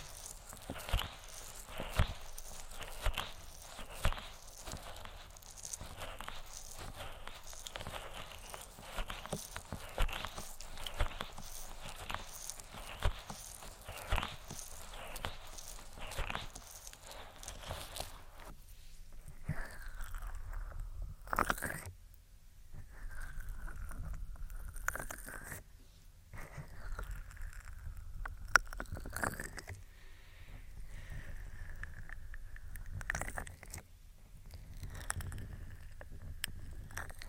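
Ear attention sounds with tapping, rubbing and cupping. For the first eighteen seconds quick, regular tapping repeats in a steady stream. After that the sound turns to slower, uneven rubbing and muffled cupping, with brief pauses and soft whooshes between strokes.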